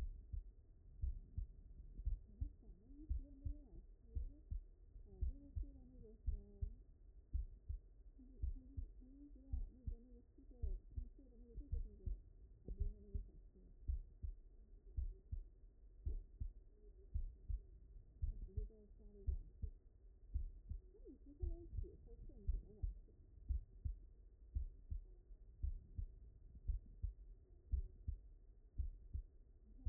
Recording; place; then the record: heart sounds by stethoscope; mitral valve (MV)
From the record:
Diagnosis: non-HFrEF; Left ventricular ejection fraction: 68%